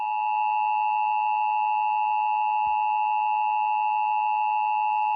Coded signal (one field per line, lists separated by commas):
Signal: Emergency Alert System (SAME) tones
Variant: 853 and 960 Hz attention tone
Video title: DirecTV EAS Flash Flood Warning Los Angeles, CA 03/30/24